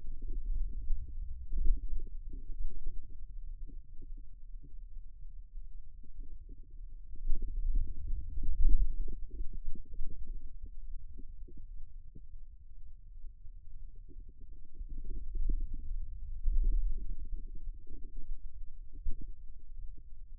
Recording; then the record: forearm muscle sounds (acoustic myography)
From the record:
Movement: wrist extension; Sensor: system 2, bracelet of six BSWA MPA416 microphones around the upper forearm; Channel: 4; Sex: male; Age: 22 years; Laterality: right